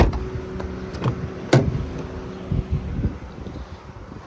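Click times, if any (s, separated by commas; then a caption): 1.5 s. The rear fold-up seat of a 2008 Honda Ridgeline RTS is lowered by pulling its handle and pushing it down until its metal support bar snaps back into the floor latch to secure it. Several lighter knocks at 0.1, 0.6 and 1.1 s lead up to the loudest, sharpest snap at 1.5 s, and a few duller thuds follow around 2.5 and 3.0 s. The bar is seated in the floor latch.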